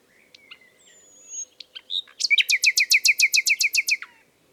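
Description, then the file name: Common nightingale song phrase: thin drawn-out whistles and a few clicks build into a fast, very regular series of loud repeated notes, ending abruptly. "Luscinia megarhynchos"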